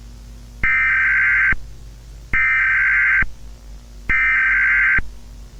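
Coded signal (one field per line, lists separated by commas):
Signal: Emergency Alert System (SAME) tones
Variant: header bursts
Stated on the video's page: Fictional scenario alert with voice acting, not a real activation.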